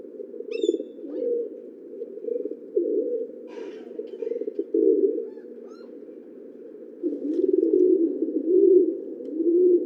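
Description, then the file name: Pigeon cooing, a run of short low coos early, then longer rolling coos near the end, with a few thin bird chirps scattered above. "Columbidae"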